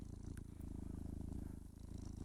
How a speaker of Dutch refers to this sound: Ja, maar dit is een spinnend katje. Maar ik weet echt niet, op de radio, daar moeten we er wel bij zeggen. Want het kan ook klinken als een heel, heel zachte motor of zo. Dit is wel dat ritme. Dit is onmiskenbaar een kat.